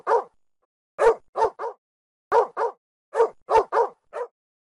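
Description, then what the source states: Dog giving short, clipped barks, mostly in quick pairs and triplets, about ten barks in under five seconds. Dog barking described as terrifying.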